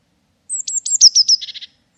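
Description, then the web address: Bird call: a run of high descending chirps that ends in a short burst of lower, rapid notes, in clean quiet surroundings. "cianscape birddata Deverinetal 2025 Bird Only Cy Ca"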